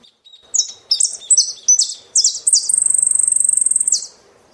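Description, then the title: Saffron finch song: high chirped and slurred notes, then a long rapid buzzy trill held steady before a final downslurred note. "Jilguero Argentino"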